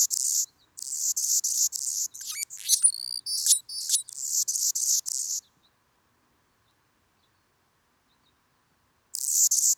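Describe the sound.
Hummingbird sounds: rapid strings of high, hissing buzzes with a cluster of thin squeaky chirps in the middle, then a long silence before buzzing resumes.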